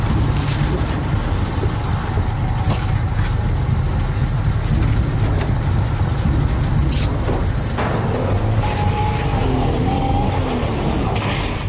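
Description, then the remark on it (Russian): A car pulls off with a steady, low engine drone that holds at an even loudness, a brief higher whine rising near the end; no one speaks. “И тот, кто вывез украденное, мог спокойно ехать дальше.”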